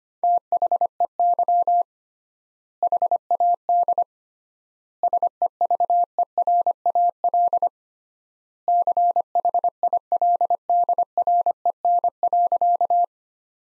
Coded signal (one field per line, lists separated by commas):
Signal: Morse code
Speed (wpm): 25 wpm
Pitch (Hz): 700 Hz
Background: none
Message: THEY HAD SEVERAL CHILDREN.